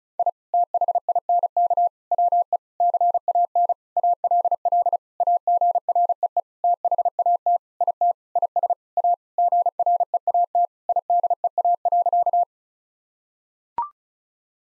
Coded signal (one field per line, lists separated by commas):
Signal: Morse code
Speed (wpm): 34 wpm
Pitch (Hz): 700 Hz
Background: none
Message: I THINK WE CAN ALL AGREE THAT IT IS A GREAT IDEA.